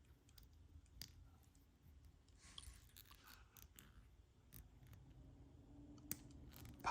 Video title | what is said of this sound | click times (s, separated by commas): Among Us Mini Crewmate Ejected Edition Action Figure Opening! | pops right in there | 6.1 s